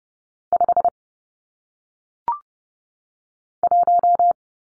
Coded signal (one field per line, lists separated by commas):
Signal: Morse code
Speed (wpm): 30 wpm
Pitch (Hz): 700 Hz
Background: none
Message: 5 1